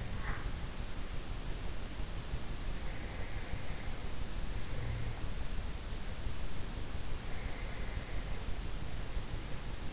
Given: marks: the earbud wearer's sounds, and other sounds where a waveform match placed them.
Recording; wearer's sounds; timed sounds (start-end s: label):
sounds in sleep by an in-ear microphone; teeth grinding
0.00-0.58 s: teeth grinding